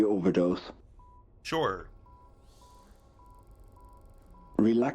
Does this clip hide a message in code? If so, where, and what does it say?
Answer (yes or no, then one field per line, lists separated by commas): no